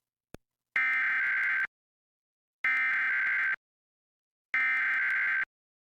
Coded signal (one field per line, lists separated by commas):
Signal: Emergency Alert System (SAME) tones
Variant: header bursts